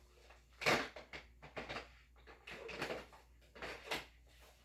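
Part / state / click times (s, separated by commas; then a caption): battery pack into the underside of the vacuum motor unit / not seated / none. A battery pack is handled and lined up against the underside of the motor unit of a Miele Triflex vacuum, with fumbling plastic knocks and scrapes and brief bursts of contact noise. Nothing has seated or clicked yet.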